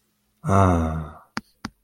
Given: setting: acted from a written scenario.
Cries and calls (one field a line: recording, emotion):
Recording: vocal sound without words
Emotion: ecstasy